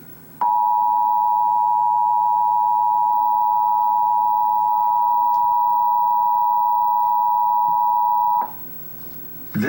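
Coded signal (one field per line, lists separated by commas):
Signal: Emergency Alert System (SAME) tones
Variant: 853 and 960 Hz attention tone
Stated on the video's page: National Periodic Test of the Emergency Alert System, as received on the uploader's own alert equipment.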